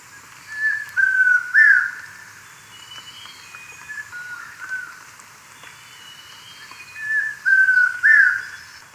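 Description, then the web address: Chestnut-crowned Antpitta giving clear whistled notes around a steady pitch, grouped in short phrases of three, heard twice with quiet background between. Recorded in Ecuador. "Birds of Ecuador. Chestnut-crowned Antpitta"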